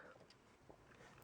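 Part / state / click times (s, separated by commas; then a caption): LEGO wing piece into modified starfighter hull / not seated / none. Plastic LEGO brick wing pieces are handled against the modified hull of the 75400 Plo Koon's Jedi Starfighter Microfighter, with faint soft taps near 0.3 s and 0.7 s and a brief louder burst at the very end. Nothing has clicked into place yet, because the modification still blocks the wings from seating properly.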